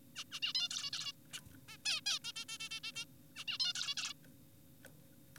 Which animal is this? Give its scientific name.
Taeniopygia guttata